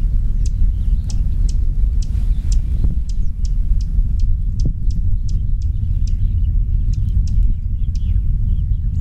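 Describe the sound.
Dusky warbler giving sharp, dry clicking calls repeated steadily over a loud, continuous low rumble.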